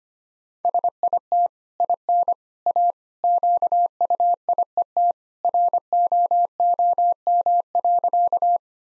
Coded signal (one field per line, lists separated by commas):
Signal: Morse code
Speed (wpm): 25 wpm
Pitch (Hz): 700 Hz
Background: none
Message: SIT IN A QUIET ROOM.